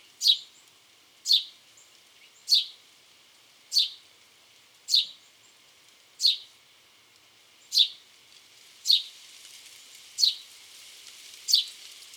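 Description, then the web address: House sparrow chirping ten times in a slow series of sharp notes, with light hiss underneath. "SETE data Passer domesticus"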